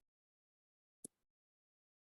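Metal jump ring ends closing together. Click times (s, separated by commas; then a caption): 1.1 s. A metal jump ring is closed with pliers, and a single sharp click at 1.0 s marks its ends meeting, followed by a faint tail and near silence. The ring is seated but comes out a little wonky, so it is redone.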